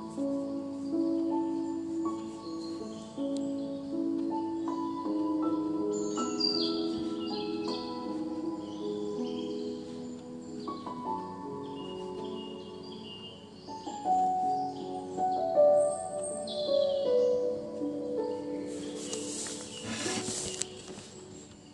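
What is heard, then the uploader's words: Slow piano notes ring and overlap, forming sustained chords in the middle and low range that shift every second or two. Bright chirps and bird calls flutter above throughout, and a burst of rushing noise surges near the twentieth second before fading. Piano edition with rain first then forest sounds.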